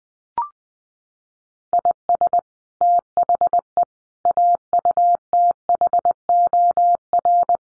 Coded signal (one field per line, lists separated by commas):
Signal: Morse code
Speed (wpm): 20 wpm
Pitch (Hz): 700 Hz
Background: none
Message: IS THE AUTHOR